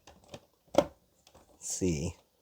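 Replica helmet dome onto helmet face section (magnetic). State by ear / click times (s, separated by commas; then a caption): not seated / none. The plastic helmet dome of a Hasbro Black Series Darth Vader replica helmet is being lined up with the face section it attaches to magnetically. Light handling taps come near the start, then a sharper knock around 0.8 s, before someone talks. Nothing has seated or snapped into place yet.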